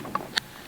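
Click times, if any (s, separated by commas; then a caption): 0.4 s. An insert slides into the bottom rail of a cordless cellular shade, with the end cap removed and the cord straightened, after a part of the rail is spread open. A softer tick at 0.15 s is followed by a sharp, bright click at 0.4 s, and then quiet. The insert clicks in and seats flush.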